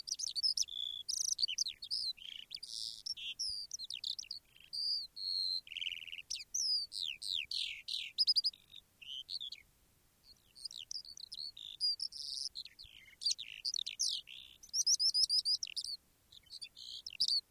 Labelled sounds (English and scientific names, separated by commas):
Eurasian Skylark (Alauda arvensis)